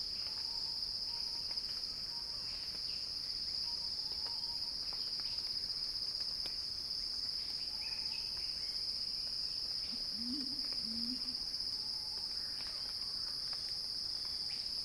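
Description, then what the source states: Cicada: continuous shrill whine, accompanied by thin faint whistles and a brief low warbling phrase late in the passage. Cicada song described as a crescendo.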